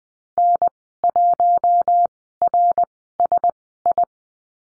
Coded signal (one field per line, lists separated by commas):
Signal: Morse code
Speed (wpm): 20 wpm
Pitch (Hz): 700 Hz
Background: none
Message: N1RSI